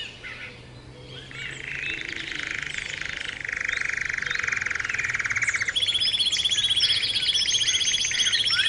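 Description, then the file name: Canary song starting softly with jumbled notes, swelling into a steady buzzy roll, then switching to a bright, very fast high trill. Canary training song (kenari terapi), posted October 2013. "kenari terapi omkicau"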